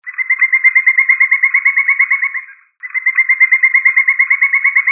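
Woodpecker calling twice in quick, rhythmic series of similar notes, separated by a short pause.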